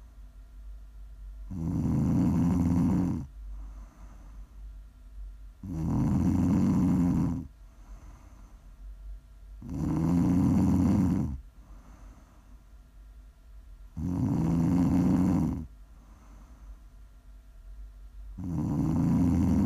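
Loud, low-pitched rattling snores from a sleeping adult come on each breath in, about 14 a minute in a fairly steady rhythm, each lasting under two seconds. Softer, quieter breaths out fill the gaps. The pattern is rhythmic sleep snoring, offered as ASMR snoring.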